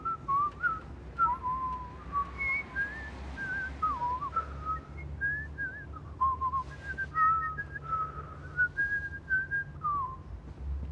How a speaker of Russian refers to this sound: Они свистят.